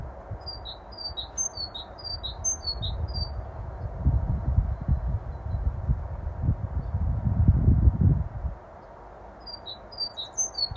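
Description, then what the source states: Great tit song, quick repeated high two-note whistles at the start and again at the end, with a loud low rumbling noise building in the middle. Bold male singing right outside a library window.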